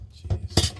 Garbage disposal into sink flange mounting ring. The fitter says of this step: Not quite. Jeez. There you go. And it locks. It locks in place.